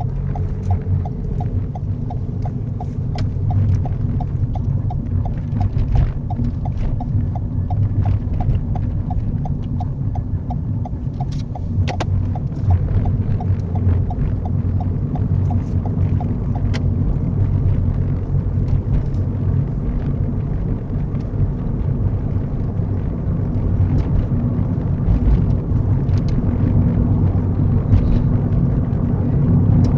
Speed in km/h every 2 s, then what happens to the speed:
23, 23, 23, 23, 24, 27, 32, 35, 39, 40, 44, 47, 48, 50, 52.
0-9 steady at about 23. 9-30 speeds up to 52.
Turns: 0-9.